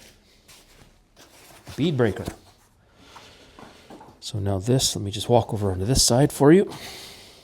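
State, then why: Not seated. A bead breaker arm is being handled for a Rabaconda motorcycle tire changer frame, where it is meant to lock into place when a rivet lines up with a groove. Someone talks throughout, with quiet handling noises and a faint knock near 3.6 s. Nothing has seated or clicked yet; the clip ends before the arm goes home.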